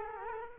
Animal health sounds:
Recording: mosquito wingbeat signal from an infrared sensor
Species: Culex quinquefasciatus

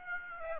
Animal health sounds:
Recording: mosquito wingbeat signal from an infrared sensor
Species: Aedes aegypti

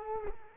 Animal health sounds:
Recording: mosquito wingbeat signal from an infrared sensor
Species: Culex quinquefasciatus

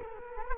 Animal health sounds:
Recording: mosquito wingbeat signal from an infrared sensor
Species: Culex quinquefasciatus

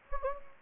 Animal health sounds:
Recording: mosquito wingbeat signal from an infrared sensor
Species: Anopheles gambiae

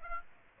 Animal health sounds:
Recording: mosquito wingbeat signal from an infrared sensor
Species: Aedes aegypti

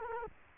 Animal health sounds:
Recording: mosquito wingbeat signal from an infrared sensor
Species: Culex quinquefasciatus

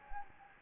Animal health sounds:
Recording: mosquito wingbeat signal from an infrared sensor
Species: Anopheles gambiae

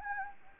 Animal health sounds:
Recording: mosquito wingbeat signal from an infrared sensor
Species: Anopheles gambiae

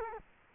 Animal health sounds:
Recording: mosquito wingbeat signal from an infrared sensor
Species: Culex quinquefasciatus

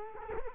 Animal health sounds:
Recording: mosquito wingbeat signal from an infrared sensor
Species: Culex quinquefasciatus

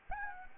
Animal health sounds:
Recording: mosquito wingbeat signal from an infrared sensor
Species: Anopheles gambiae

